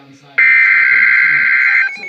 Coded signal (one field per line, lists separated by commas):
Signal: Emergency Alert System (SAME) tones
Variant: header bursts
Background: speech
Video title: Severe Thunderstorm Warning (EAS#146)